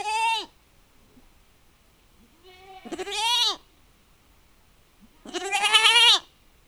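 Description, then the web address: Goat calls: three loud, harsh, quivering bleats, the later two each preceded by a short, softer lead-in note. Domestic goats in a farmyard, calling back and forth in a dialogue in the wind. "allathangok parasztudvar hazikecske kecske parbeszedaszelben"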